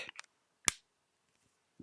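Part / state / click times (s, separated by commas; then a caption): marker cap onto alcohol marker barrel / seated / 0.7 s. A marker cap is snapped onto an alcohol marker barrel to show the little click that all the markers have, confirming the cap is seated. A few soft handling taps come first, then a sharp, bright click at 0.7 s. A faint low thump follows near the end.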